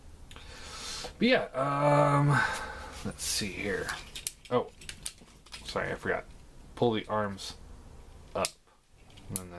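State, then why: Seated. While someone talks, the plastic arms of a transforming robot action figure are pulled up during transformation. A sharp click at 9.4 s is heard as the arm joints snap and lock into place.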